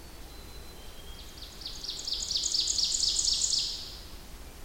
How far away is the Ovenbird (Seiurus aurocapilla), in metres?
about 35 m